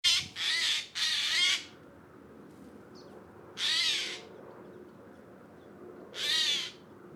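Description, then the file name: Eurasian jay giving a rapid run of three harsh screeches, then two single rasping calls spaced a couple of seconds apart. "Garrulus glandarius"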